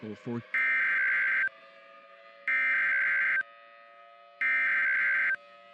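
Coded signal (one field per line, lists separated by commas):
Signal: Emergency Alert System (SAME) tones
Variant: header bursts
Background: speech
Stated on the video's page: Fictional EAS scenario about a blizzard.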